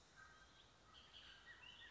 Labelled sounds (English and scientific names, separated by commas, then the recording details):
Bullock's Oriole (Icterus bullockii)
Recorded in Sonoma County, California